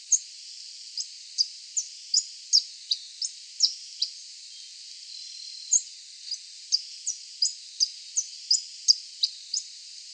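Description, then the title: Coal-crested Finch song: thin, high chips repeated in quick irregular series, some notes descending, with a short pause midway, over a steady band of background hiss. "LuckyPassaro Completos2Sama. Coal-crested Finch (Charitospiza eucosma)"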